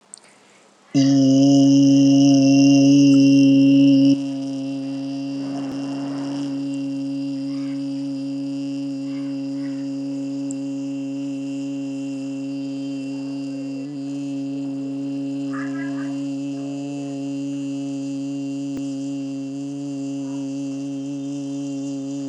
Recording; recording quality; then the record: sustained vowel as in beet; excellent, no background noise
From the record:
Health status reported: healthy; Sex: male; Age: 28 years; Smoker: no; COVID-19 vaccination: one dose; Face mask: not worn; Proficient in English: yes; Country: India